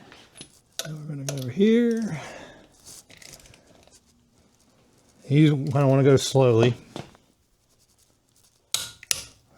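Someone talks while a lug nut on a 1997 Honda Civic hatchback wheel stud is tightened slowly with a click-type torque wrench set to 80 lb. The wrench gives sharp clicks at 8.7 s and 9.1 s as it reaches its setting, confirming the lug nut is torqued.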